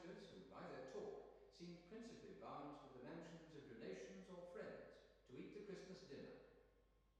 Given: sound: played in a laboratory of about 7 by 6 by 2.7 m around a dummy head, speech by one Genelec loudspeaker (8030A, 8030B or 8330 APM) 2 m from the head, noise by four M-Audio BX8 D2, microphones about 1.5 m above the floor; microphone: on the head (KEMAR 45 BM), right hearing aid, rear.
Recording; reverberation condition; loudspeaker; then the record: male speech in English; high; 30 degrees to the left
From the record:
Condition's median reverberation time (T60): about 1300 ms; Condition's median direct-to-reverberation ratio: about -4.0 dB